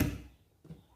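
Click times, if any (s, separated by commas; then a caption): 0.0 s. A lower kitchen-cabinet drawer holding large spoons is pushed closed and clicks shut at 0.0 seconds. The click is a sharp hit that fades quickly. About 0.6 seconds later there is a softer, low thud.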